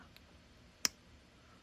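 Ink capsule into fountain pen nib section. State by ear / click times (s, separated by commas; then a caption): seated / 0.8 s. A plastic ink capsule is pushed onto the back of the nib section of a Modern Fuel Fountain Pen until it pierces and seats. A faint tick at 0.2 s is followed by one sharp, distinct click at 0.9 s against a quiet background. The capsule is then held firmly in place.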